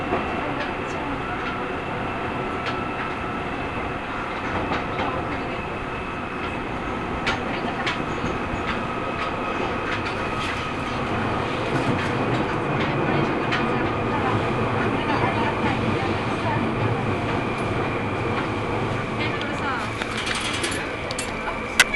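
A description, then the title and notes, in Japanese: Steady rumble of a Seibu Railway train in motion, with faint clicks and rattles, thin humming tones, and occasional muffled voices. 耳で楽しむ鉄道旅 西武鉄道 本川越→東村山→小川→萩山→青梅街道。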